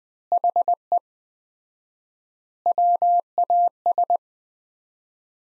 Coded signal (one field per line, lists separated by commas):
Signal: Morse code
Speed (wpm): 20 wpm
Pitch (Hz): 700 Hz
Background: none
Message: HE WAS